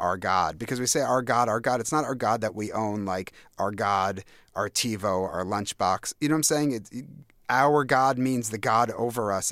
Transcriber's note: none